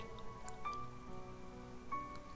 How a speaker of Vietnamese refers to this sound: Cuối cùng cũng không nhịn được, cô mở cửa xe đi xuống, muốn nhắc nhở anh trời đang mưa to hơn rồi.